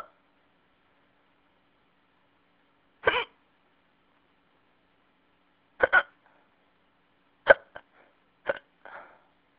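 Short, abrupt vocal catches from an adult recur irregularly, about six in ten seconds, heard over a phone line: hiccups from sudden diaphragm spasms.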